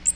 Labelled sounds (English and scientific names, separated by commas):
Magnolia Warbler (Setophaga magnolia) flight call